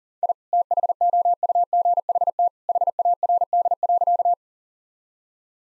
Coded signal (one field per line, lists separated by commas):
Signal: Morse code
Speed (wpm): 37 wpm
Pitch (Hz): 700 Hz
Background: none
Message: I THOUGHT HARD.